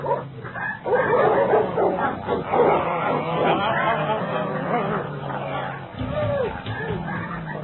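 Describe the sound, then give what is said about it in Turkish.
Several dogs bark and snarl in a frantic, overlapping burst, with yelps and whimpers mixed into the continuous, loud commotion of an attack. “Köpek yoldaşlar cezayı infaz edin.”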